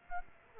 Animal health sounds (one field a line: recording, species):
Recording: mosquito wingbeat signal from an infrared sensor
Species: Aedes aegypti